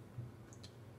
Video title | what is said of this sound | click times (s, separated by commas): ATI Ruger Mini-14/Mini-30 Strikeforce Gunstock Installation | push down on the trigger guard till it snaps into place | 0.5 s, 0.6 s